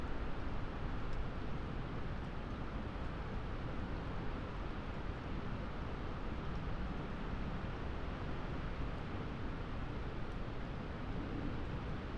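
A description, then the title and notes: Winter gales roar through moorland forest in a dense, unbroken rush, heaviest in the low range and steady for the whole stretch. Moorland forest mid winter gales. To be half way up a lonely Peak District moor, off the puddled track, looking down, into a mixed plantation of tall murmuring trees. Scots pine and spruce. Away from the holly tree, and the microphone box that we carefully tied and angled, so it could be an ear witness of this forest, in winter gales, before the storm.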